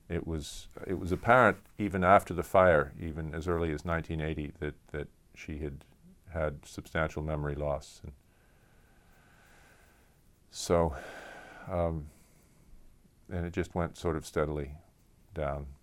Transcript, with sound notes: It was — it was apparent, even after the fire, even as early as 1980 that — that she had had substantial memory loss. So — [sighs] and it just went sort of steadily down.